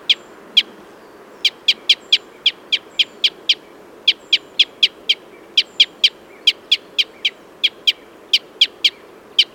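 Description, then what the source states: Red crossbill calling with hard, dry chip notes repeated rapidly in steady runs, many over the stretch, after a couple of spaced opening notes. Red crossbill of call type N.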